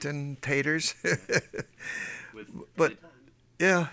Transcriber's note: he laughs